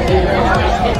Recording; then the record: background sound without coughing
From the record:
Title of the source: Nightlife Party Simulating Party Club Noise 1 Hour